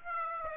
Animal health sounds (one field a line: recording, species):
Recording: mosquito wingbeat signal from an infrared sensor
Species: Aedes aegypti